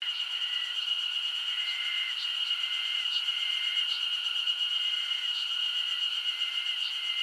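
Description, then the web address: Insects droning together in one unbroken high whine, overlaid by short rasping trills every second or so and faint upper pulses. Insect chorus recorded as a summer ambience in Japan. "Foundation 1 AMBIENCE JAPANESE SUMMER INSECTS"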